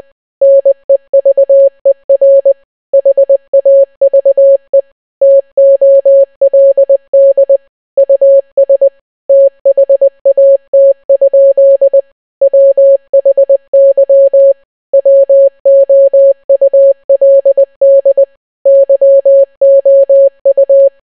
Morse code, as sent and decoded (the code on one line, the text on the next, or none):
-. . ...- . .-. / .... .- ...- . / - --- .-.. -.. / ..- ... / - .... .- - ..--.. / .-- .... -.-- / .-- --- ..- .-.. -.. / -.-- --- ..-
NEVER HAVE TOLD US THAT? WHY WOULD YOU